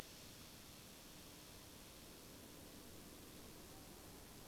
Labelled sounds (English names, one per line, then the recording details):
none
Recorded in France